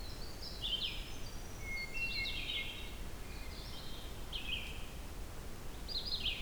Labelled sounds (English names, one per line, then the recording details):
Red-eyed Vireo song
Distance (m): 60 m
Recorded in boreal forest in Alberta, Canada, on 16 June 2016 at 07:14
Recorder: SongMeter 3, array SBT-3-32
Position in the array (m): 48 m, 11 m